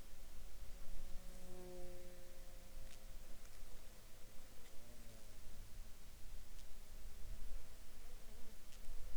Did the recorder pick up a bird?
no